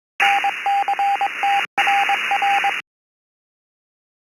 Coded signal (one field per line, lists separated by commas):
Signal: Morse code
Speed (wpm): 22 wpm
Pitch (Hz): 800 Hz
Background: radio noise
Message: NCTRR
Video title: SWL QSOs on the East Coast Reflector 2025 08 03 20 46 53